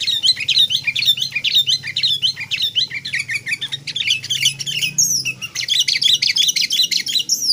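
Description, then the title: Sooty-headed bulbul singing a continuous, busy stream of high, rapid chirps and twittering notes with hardly a break throughout. "Kutilang"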